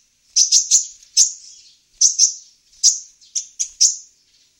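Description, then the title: Van Hasselt's sunbird giving sharp, high tweets, singly and in short groups, each fading into a thin ringing tail, spaced irregularly over a few seconds. Female singing actively (gacor). "Kolibri Ninja Betina. Kolibri betina gacor"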